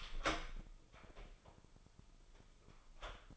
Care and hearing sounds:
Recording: daily activity, microphone in the room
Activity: open door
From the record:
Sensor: 5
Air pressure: 996.2 hPa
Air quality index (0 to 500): 49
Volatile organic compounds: 1 ppm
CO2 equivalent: 784 ppm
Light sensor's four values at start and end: 42/98/41/43 and 42/98/40/42

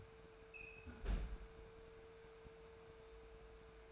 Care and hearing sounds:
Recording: daily activity, microphone in the room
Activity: close fridge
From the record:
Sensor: 2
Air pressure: 1014.7 hPa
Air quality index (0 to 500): 189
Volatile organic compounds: 15 ppm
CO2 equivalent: 2494 ppm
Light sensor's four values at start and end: 9/22/9/9 and 9/22/9/9

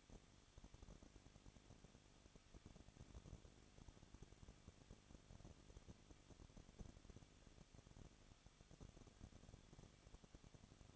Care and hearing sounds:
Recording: daily activity, microphone in the room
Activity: no activity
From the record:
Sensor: 4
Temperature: 23.0 degrees Celsius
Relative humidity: 34.4%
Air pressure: 1007.2 hPa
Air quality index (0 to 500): 215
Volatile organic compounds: 15 ppm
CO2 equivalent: 2492 ppm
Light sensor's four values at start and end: 2/3/1/1 and 2/3/1/1

